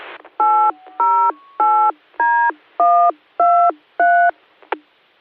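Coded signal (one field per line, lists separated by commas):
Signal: DTMF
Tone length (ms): 320 ms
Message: 808D123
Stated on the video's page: DTMF macro programmed on Baofeng radios by a jammer, transmitted over a repeater during a weekly net.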